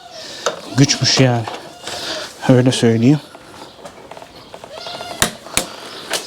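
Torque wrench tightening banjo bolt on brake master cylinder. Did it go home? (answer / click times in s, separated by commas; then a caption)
yes / 5.2 s. A torque wrench set to 34 Nm tightens the banjo bolt on a motorcycle's hydraulic brake master cylinder until it clicks at its setting at 5.2 s. Someone talks through the first half, and a second sharp click follows at 5.6 s.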